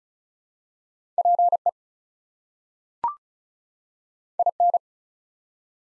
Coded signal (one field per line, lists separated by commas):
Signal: Morse code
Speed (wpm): 36 wpm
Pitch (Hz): 700 Hz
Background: none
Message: PE IN